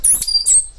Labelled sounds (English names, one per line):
Stitchbird song